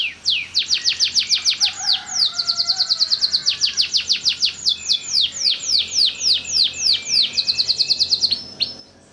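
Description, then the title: Canary song: a long, loud run of rapid downward-sweeping whistled notes, several per second, continuing almost to the end. Kenari kalitan canary, singing energetic long-drawn song. "Kenari Kalitan Gacor Suara Panjang"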